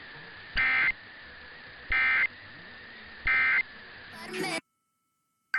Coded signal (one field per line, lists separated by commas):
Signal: Emergency Alert System (SAME) tones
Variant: header bursts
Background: speech